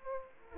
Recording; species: mosquito wingbeat signal from an infrared sensor; Aedes aegypti